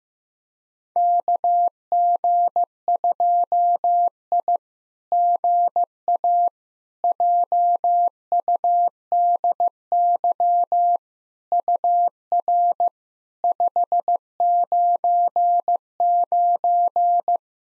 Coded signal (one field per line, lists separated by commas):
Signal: Morse code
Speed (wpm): 15 wpm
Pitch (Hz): 700 Hz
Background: none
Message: KG2I GA JUDY UR 599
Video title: SOTA QSO Practice 15wpm